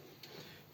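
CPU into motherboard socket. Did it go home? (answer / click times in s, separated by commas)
yes / 0.2 s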